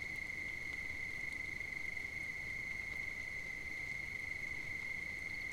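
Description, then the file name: Cricket giving an unbroken high trill, with faint clicks over low background hiss. At night on 5 September 2009. "20090905 night-crickets"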